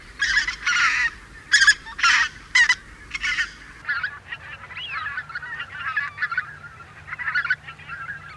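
White-fronted goose calls: a run of strong, rapid honks in the first half, then softer yelps and chatter.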